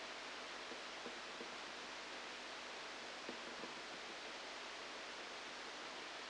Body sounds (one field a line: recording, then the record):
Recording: brain microelectrode recording played as sound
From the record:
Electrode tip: outside the subthalamic nucleus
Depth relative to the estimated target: -2 mm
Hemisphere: left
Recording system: NeuroSet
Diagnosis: Parkinson's disease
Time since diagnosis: 8 years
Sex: male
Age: 37 years